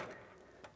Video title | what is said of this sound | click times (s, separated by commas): BEST 4K Video Editing PC Build on a $2500 Budget - Ryzen 3900X - NVIDA GeForce RTX 2070 Super | you hear how that just kind of snapped into place. | 0.6 s